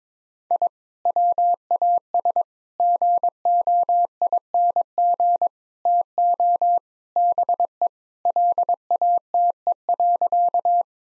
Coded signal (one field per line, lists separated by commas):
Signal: Morse code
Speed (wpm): 22 wpm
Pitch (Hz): 700 Hz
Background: none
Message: I WAS GOING TO BE LATE.